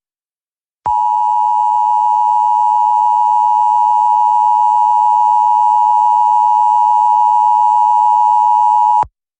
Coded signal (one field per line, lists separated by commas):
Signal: Emergency Alert System (SAME) tones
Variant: 853 and 960 Hz attention tone